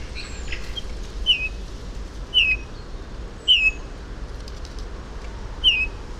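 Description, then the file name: Eurasian bullfinch giving soft, piping, downslurred whistles, four calls spaced about one to two seconds apart, over a steady low rumble. "Pyrrhula pyrrhula"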